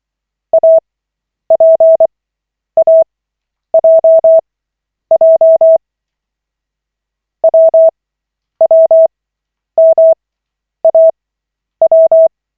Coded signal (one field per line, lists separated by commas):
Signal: Morse code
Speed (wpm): 24 wpm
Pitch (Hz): 650 Hz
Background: none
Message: APAJJ WWMAW